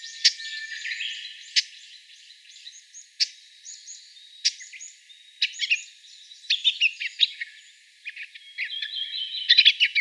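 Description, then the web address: Japanese bush warbler giving short dry chattering calls in irregular bursts, mixed with brief sharp chips. Non-breeding calls (jinaki), in spring. "shun uguisu"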